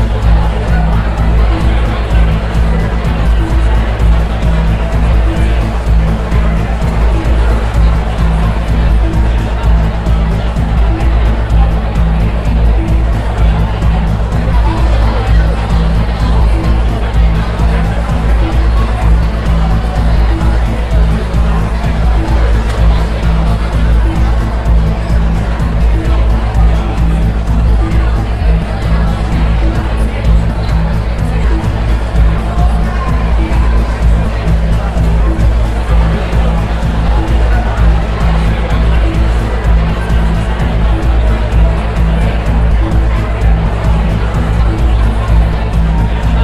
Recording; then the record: background sound without coughing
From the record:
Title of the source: Party Noise 1 Hour Party Ambience